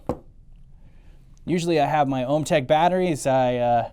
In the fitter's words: and you just set it on top, clicks right in, slide it over. Doesn't get much easier than that.